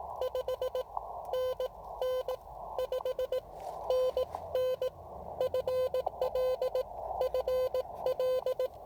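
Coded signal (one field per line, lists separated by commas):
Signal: Morse code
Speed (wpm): 15 wpm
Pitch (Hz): 520 Hz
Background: none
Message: 5NN 5NN FL FL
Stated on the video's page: Parks on the Air activation at 10 watts with an Elecraft KX3 and AX1 antenna.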